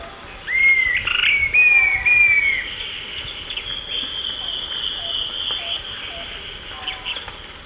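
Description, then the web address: Dusky-tailed flatbill giving a few clear, slurred whistles in quick succession, rising then leveling, followed by a steady high insect drone and faint background chirps. Recorded in Ecuador. "Birds of Ecuador 3. Dusky-Tailed Flatbill"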